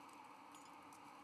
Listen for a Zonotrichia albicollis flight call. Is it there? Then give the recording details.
no. No flight call is heard. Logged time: 01:38 on 17 November 2014